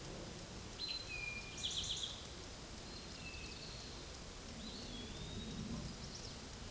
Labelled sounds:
Eastern Towhee song
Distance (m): 20 m
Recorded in a Pennsylvania forest on 17 May 2023 at 13:24
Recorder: AudioMoth, point grid1_8_low
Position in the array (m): 112 m, 106 m

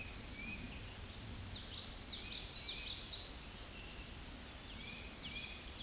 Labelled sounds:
Hooded Warbler song
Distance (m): 35 m
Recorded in a Pennsylvania forest on 18 May 2023 at 08:51
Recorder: AudioMoth, point grid1_31_low
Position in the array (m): 153 m, 127 m

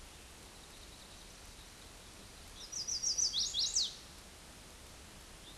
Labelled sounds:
Chestnut-sided Warbler song
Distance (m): 15 m
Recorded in a Pennsylvania forest on 18 May 2023 at 09:48
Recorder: AudioMoth, point grid1_5_low
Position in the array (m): 14 m, 85 m

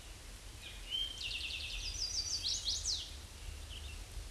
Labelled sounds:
Chestnut-sided Warbler song
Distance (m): 15 m
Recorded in a Pennsylvania forest on 18 May 2023 at 06:26
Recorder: AudioMoth, point grid1_40_low
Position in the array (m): 128 m, 215 m

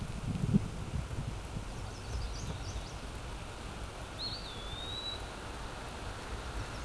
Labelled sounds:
Eastern Wood-Pewee song
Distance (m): 15 m
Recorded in a Pennsylvania forest on 17 May 2023 at 14:21
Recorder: AudioMoth, point grid1_37_low
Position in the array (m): 90 m, 202 m

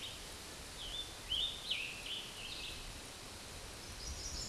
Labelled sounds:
Scarlet Tanager song
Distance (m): 25 m
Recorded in a Pennsylvania forest on 19 May 2023 at 14:16
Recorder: AudioMoth, point grid1_2_low
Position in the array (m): 137 m, 44 m

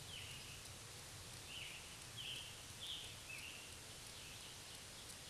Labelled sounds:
Scarlet Tanager song
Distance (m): 75 m
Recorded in a Pennsylvania forest on 1 June 2023 at 08:06
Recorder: AudioMoth, point grid3_8_high
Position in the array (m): 164 m, 141 m

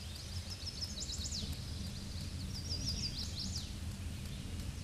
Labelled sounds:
Chestnut-sided Warbler song
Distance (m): 40 m
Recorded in a Pennsylvania forest on 18 May 2023 at 07:54
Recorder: AudioMoth, point grid1_38_low
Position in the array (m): 211 m, 131 m

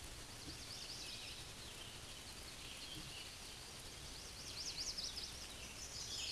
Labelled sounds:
Scarlet Tanager song
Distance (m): 40 m
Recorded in a Pennsylvania forest on 19 May 2023 at 10:54
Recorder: AudioMoth, point grid1_27_low
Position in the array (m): 164 m, 60 m

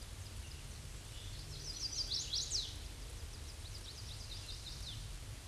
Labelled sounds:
Chestnut-sided Warbler song
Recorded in a Pennsylvania forest on 18 May 2023 at 07:47
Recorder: AudioMoth, point grid1_40_low
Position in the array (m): 120 m, 207 m

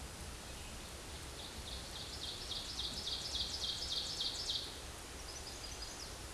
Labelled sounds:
Ovenbird song
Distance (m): 40 m
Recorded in a Pennsylvania forest on 17 May 2023 at 13:30
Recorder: AudioMoth, point grid1_6_low
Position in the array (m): 175 m, 12 m

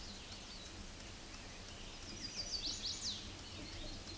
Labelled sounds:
Chestnut-sided Warbler song
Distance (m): 35 m
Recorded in a Pennsylvania forest on 18 May 2023 at 06:46
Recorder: AudioMoth, point grid1_24_low
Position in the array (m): 122 m, 211 m

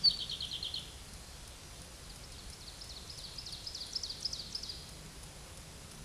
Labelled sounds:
Ovenbird song
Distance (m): 70 m
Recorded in a Pennsylvania forest on 17 May 2023 at 12:47
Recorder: AudioMoth, point grid1_8_low
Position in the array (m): 184 m, 71 m

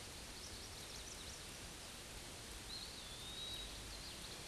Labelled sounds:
Eastern Wood-Pewee song
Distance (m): 60 m
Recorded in a Pennsylvania forest on 18 May 2023 at 11:30
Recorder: AudioMoth, point grid1_34_low
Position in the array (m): 185 m, 169 m

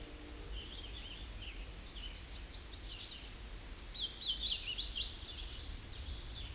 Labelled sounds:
Hooded Warbler song
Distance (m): 25 m
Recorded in a Pennsylvania forest on 18 May 2023 at 08:03
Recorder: AudioMoth, point grid1_9_low
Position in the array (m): 54 m, 124 m

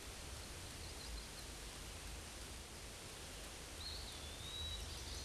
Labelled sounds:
Eastern Wood-Pewee song
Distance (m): 65 m
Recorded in a Pennsylvania forest on 18 May 2023 at 11:31
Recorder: AudioMoth, point grid1_34_low
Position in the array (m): 185 m, 172 m

